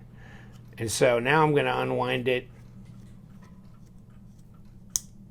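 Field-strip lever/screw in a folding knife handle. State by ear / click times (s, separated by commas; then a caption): released / 5.0 s. Someone talks, then unwinds the tool-less field-strip lever on a CRKT Homefront 25th Anniversary folding flipper knife. A single sharp click at 4.9 s signals that the mechanism is fully disengaged, so the knife can be taken apart.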